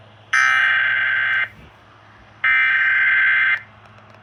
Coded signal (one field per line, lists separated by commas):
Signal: Emergency Alert System (SAME) tones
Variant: header bursts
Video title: EAS Compilation: Satanic Severity (8/31/24) EAS 2600-2650